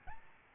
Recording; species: mosquito wingbeat signal from an infrared sensor; Aedes albopictus